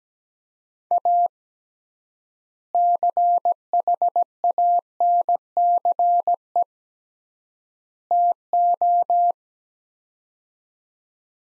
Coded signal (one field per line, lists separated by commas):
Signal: Morse code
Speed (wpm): 17 wpm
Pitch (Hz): 700 Hz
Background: none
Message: A CHANCE TO